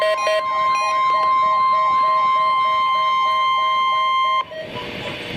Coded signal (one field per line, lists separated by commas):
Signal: Emergency Alert System (SAME) tones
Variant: 1050 Hz attention tone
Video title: Required Weekly Test - 07/02/14 (EAS #772)